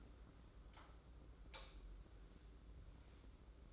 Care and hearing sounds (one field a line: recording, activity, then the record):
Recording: daily activity, microphone in the room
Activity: light on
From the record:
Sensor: 3